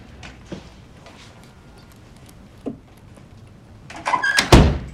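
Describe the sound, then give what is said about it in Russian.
After a few faint knocks and shuffles in a quiet space, a woman slowly enters the hallway of an apartment and closes the door behind her: a brief rattle of the latch and a solid, low thud. “Она медленно входит в прихожую и закрывает за собой дверь.”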